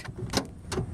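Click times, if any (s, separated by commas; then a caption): 0.7 s. The door lock mechanism in a 1964 AMC Rambler Classic 660's car door is worked the other way right after being locked. It disengages with a sharp click at 0.7 s, following an earlier transient at about 0.4 s, and the door is unlocked.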